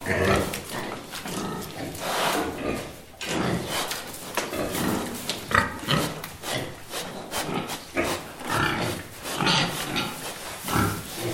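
Pig grunting and snuffling continuously, with many rough noisy pulses.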